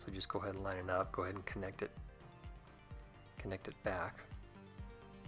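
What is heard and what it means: A new SSD is lined up and connected back to the drive connector of a 2012 MacBook Pro while someone talks over background music. Only faint handling sounds are heard, and nothing has seated or clicked yet.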